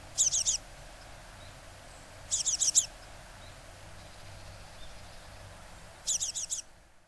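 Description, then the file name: Japanese tit calling in rapid bursts of about five bright, high notes, each burst spaced roughly two to four seconds apart over a quiet hiss. In Hyogo, dated 08-02; reference voice material. "sijuukara 3 0802 hyogo kaji"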